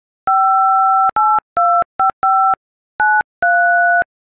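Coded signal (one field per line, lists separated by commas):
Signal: DTMF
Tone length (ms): 280 ms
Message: 58255 93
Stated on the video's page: DTMF tones from an iPhone keypad playing an Adele song.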